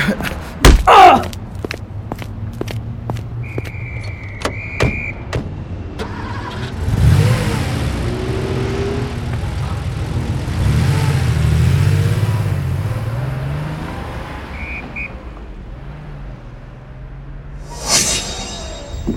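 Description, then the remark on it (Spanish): A few sharp clicks and thumps and a brief beeping tone, then the engine of a work van rumbles to life, revs loudly and pulls away, its low drone fading before a final short whoosh. “No sé, es el furgón con el que trabajo y...”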